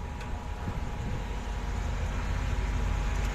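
A screw or nut on an oven toaster heating element terminal is slowly tightened, taken carefully so as not to over-tighten it. A steady low rumbling hum with a faint constant tone runs throughout, with no distinct hits. The thread is being worked but nothing has seated or clicked yet.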